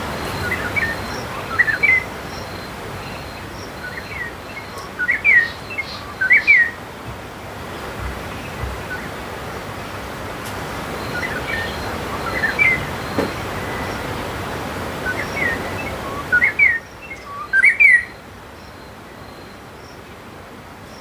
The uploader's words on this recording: Morning on the Zambezi River. Recorded near Simonga, Zambia.